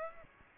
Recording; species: mosquito wingbeat signal from an infrared sensor; Aedes aegypti